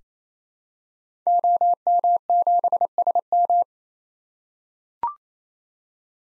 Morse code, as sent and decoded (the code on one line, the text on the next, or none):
--- -- --... ... --
OM7SM